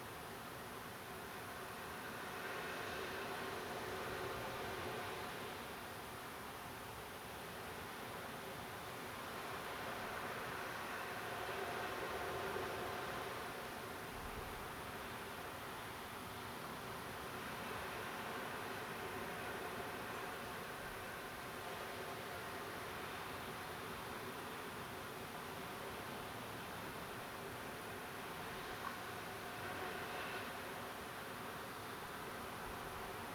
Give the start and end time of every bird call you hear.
20.11s-20.20s: Spotted Flycatcher (5.8-7.8 kHz)

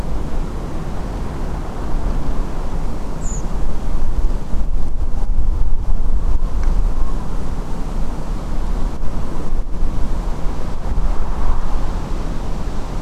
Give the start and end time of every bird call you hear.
3.20s-3.42s: Redwing (5.7-8.0 kHz)

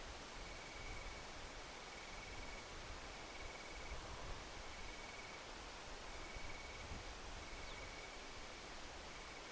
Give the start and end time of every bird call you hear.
7.64s-7.79s: Ortolan Bunting (3.1-4.9 kHz)

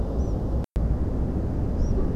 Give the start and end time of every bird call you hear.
0.19s-0.33s: European Pied Flycatcher (4.6-7.9 kHz)
1.78s-1.93s: European Pied Flycatcher (4.3-7.7 kHz)

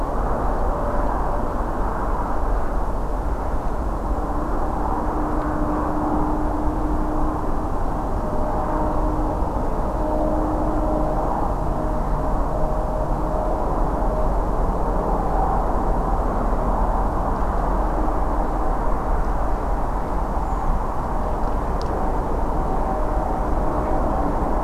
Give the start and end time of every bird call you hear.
20.44s-20.70s: Redwing (6.1-7.3 kHz)

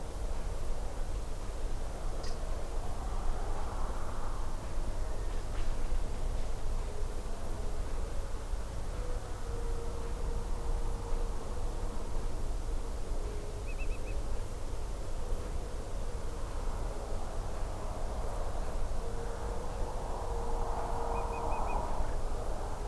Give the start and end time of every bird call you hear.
13.66s-14.14s: Eurasian Whimbrel (2.1-4.2 kHz)
21.14s-21.75s: Eurasian Whimbrel (2.3-2.6 kHz)

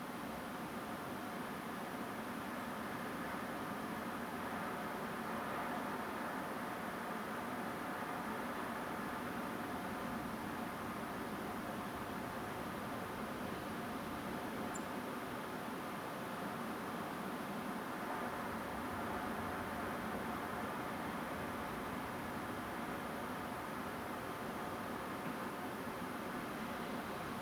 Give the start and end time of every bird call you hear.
2.58s-2.66s: Song Thrush (7.5-9.8 kHz)
14.73s-14.78s: Song Thrush (6.9-10.7 kHz)

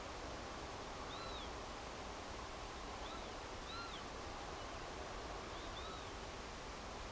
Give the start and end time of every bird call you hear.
1.09s-1.46s: Northern Lapwing (1.2-4.2 kHz)
3.02s-3.35s: Northern Lapwing (2.8-4.2 kHz)
3.67s-3.99s: Northern Lapwing (1.3-4.3 kHz)
4.60s-4.89s: Northern Lapwing (2.5-3.5 kHz)
5.53s-6.10s: Northern Lapwing (1.0-4.0 kHz)

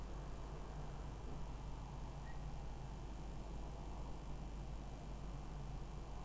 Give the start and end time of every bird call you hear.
2.23s-2.34s: Black-crowned Night-Heron (1.7-1.9 kHz)

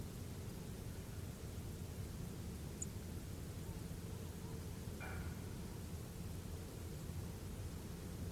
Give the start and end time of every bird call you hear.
2.80s-2.85s: Song Thrush (6.8-9.8 kHz)

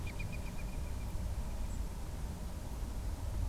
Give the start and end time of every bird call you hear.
0.04s-1.18s: Common Moorhen (2.1-2.6 kHz)
1.68s-1.78s: European Robin (7.2-8.1 kHz)

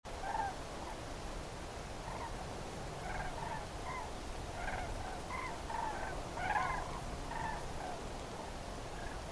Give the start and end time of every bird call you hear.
0.22s-0.52s: Common Crane (0.7-1.9 kHz)
0.81s-0.95s: Common Crane (0.8-1.0 kHz)
2.06s-2.31s: Common Crane (0.8-2.2 kHz)
3.02s-4.06s: Common Crane (0.7-2.5 kHz)
4.55s-6.12s: Common Crane (0.7-2.6 kHz)
6.37s-6.82s: Common Crane (0.7-2.5 kHz)
7.31s-7.99s: Common Crane (0.7-2.1 kHz)
8.98s-9.17s: Common Crane (1.5-1.8 kHz)

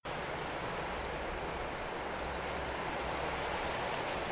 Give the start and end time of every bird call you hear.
2.05s-2.75s: Common Sandpiper (4.1-6.0 kHz)

